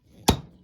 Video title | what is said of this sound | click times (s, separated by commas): Stock Up Sunday: How to Vacuum Seal Pasta to Last For YEARS! | place your jar sealer on top of the lid and push down until it snaps on | 0.3 s